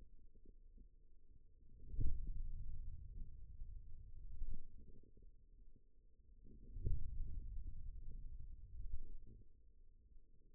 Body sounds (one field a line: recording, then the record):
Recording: forearm muscle sounds (acoustic myography)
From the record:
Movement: ulnar deviation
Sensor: system 2, bracelet of six BSWA MPA416 microphones around the upper forearm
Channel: 6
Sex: male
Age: 22 years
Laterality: right